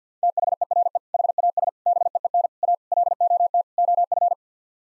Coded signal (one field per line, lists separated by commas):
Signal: Morse code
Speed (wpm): 47 wpm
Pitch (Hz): 700 Hz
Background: none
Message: THERE HAS BEEN A LOT OF